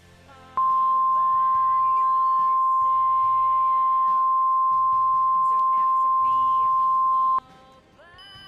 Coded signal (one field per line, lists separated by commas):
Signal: Emergency Alert System (SAME) tones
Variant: 1050 Hz attention tone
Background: music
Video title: EAS Scenario #2: Shiver